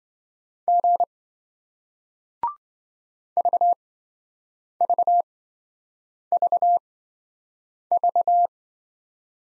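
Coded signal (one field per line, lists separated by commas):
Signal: Morse code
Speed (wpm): 28 wpm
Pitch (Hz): 700 Hz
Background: none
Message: G VVVV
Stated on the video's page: Morse single-letter practice drill in speed-racing format, starting fast and slowing to a 20 wpm base; the final repeat is sent at maximum speed.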